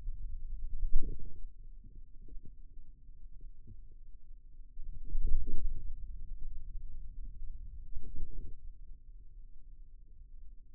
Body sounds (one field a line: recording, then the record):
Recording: forearm muscle sounds (acoustic myography)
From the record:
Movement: wrist extension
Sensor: system 2, bracelet of six BSWA MPA416 microphones around the upper forearm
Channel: 2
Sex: male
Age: 22 years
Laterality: right